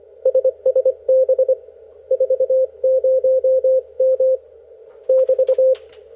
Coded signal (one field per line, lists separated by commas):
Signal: Morse code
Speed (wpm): 26 wpm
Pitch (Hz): 530 Hz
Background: radio noise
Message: SSB 40M <BT>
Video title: Ham Radio Code Practice - OTs "air-it-out" in HF ragchew